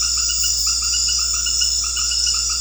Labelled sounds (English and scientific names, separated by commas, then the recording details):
none
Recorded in secondary vegetation near Puerto Asís, Putumayo, Colombia, on 9 March 2025 at 20:30
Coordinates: 0.484, -76.319
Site G010